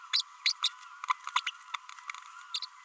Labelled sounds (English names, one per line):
Green-rumped Parrotlet babbling